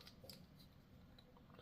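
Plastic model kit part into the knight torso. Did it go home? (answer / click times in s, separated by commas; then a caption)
no / none. On a second attempt, a plastic model kit part is handled against a slot on a Cerastus Knight torso assembly, with soft scraping and a few faint, brief ticks over a low steady background. Nothing has seated or clicked yet.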